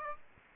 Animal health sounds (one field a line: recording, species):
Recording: mosquito wingbeat signal from an infrared sensor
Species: Aedes aegypti